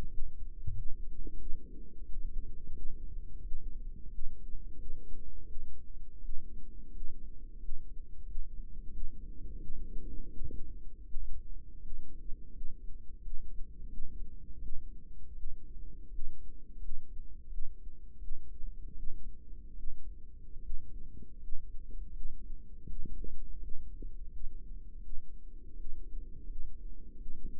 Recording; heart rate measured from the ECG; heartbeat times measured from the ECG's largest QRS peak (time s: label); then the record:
heart sounds by microphone in the right ear; 84 bpm
0.06 s: heartbeat
0.71 s: heartbeat
1.35 s: heartbeat
2.01 s: heartbeat
2.72 s: heartbeat
3.40 s: heartbeat
4.07 s: heartbeat
4.74 s: heartbeat
5.44 s: heartbeat
6.18 s: heartbeat
6.89 s: heartbeat
7.57 s: heartbeat
8.23 s: heartbeat
8.89 s: heartbeat
9.57 s: heartbeat
10.29 s: heartbeat
11.04 s: heartbeat
11.79 s: heartbeat
12.49 s: heartbeat
13.18 s: heartbeat
13.87 s: heartbeat
14.58 s: heartbeat
15.32 s: heartbeat
16.07 s: heartbeat
16.77 s: heartbeat
17.46 s: heartbeat
18.17 s: heartbeat
18.92 s: heartbeat
19.72 s: heartbeat
20.58 s: heartbeat
21.36 s: heartbeat
22.09 s: heartbeat
22.83 s: heartbeat
23.57 s: heartbeat
24.28 s: heartbeat
24.98 s: heartbeat
25.73 s: heartbeat
26.43 s: heartbeat
27.14 s: heartbeat
From the record:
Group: healthy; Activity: rest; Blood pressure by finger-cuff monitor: 136/74 mmHg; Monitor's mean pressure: 90 mmHg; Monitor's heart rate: 84 bpm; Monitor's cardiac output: 7.5 L/min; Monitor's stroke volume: 91 mL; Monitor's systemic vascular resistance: 870 dyn s/cm5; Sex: female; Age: 22 years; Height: 171 cm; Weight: 65.6 kg